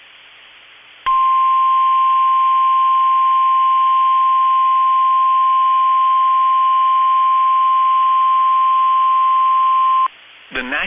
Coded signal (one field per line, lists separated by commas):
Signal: Emergency Alert System (SAME) tones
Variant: 1050 Hz attention tone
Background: speech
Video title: Two Severe Thunderstorm Warnings (EAS 2915 & 2916) Double Header 5/1/25